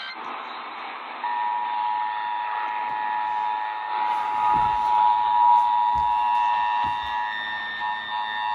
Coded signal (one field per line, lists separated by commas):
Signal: Emergency Alert System (SAME) tones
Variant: 853 and 960 Hz attention tone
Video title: TORS AND FLUDDZ BELOW... EAS Alerts from 3/28-29/20 (EAS 2337-2350)